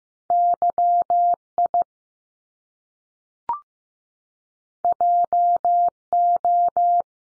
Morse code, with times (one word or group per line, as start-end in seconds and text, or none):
0.3-1.3 Y
1.6-1.8 I
4.8-5.9 J
6.1-7.0 O